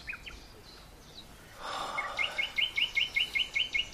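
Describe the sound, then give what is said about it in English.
A nightingale sings a fast, even series of bright, high chirping notes, repeated about a dozen times, preceded by a brief soft breathy rush and a few scattered faint calls. “The song of the nightingale.”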